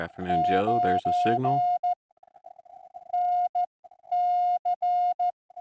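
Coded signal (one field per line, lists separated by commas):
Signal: Morse code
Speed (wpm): 14 wpm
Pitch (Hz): 710 Hz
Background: speech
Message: 9 NC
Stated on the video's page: Straight key sprint CW contest, sent with straight keys, from a park activation.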